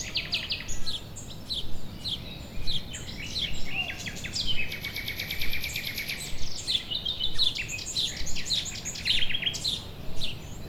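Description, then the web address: Gull calls overlapping from many birds, rapid stacked kek notes and short squeals throughout, with a constant low background rumble. Nature ambience with seagulls. "GDC 2017-Game Audio Bundle West Wolf - Nature Sounds. Nature ambience with seaguls"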